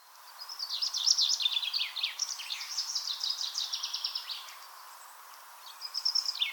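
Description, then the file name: Common chaffinch song: a long bright trill of repeated chirps that tumbles downward and ends, followed by the start of another phrase, with light background hiss. "Fringilla coelebs"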